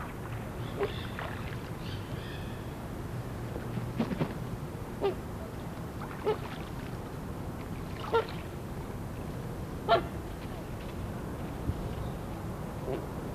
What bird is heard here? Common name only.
Coscoroba Swan